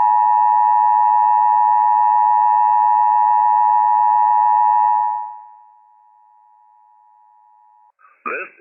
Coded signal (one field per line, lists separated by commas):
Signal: Emergency Alert System (SAME) tones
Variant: 853 and 960 Hz attention tone